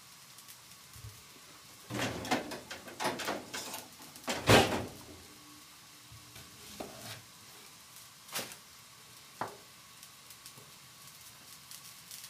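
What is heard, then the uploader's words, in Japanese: Meal prep for packed lunches: quiet kitchen work with a faint sizzling hiss beneath. A flurry of stirring and scraping clatters runs from about two to four seconds, peaking in one sharp knock near four and a half, then scattered single taps and clicks follow. 環境音 弁当用につくりおき。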